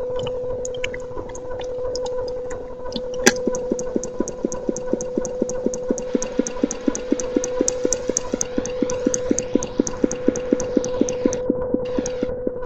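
Someone makes sounds with their mouth: a steady, mid-pitched hum runs the whole way through, overlaid with rapid, regular clicks or taps. A sharp click lands near three seconds, after which the clicking grows denser and brighter, with brief pauses near the end.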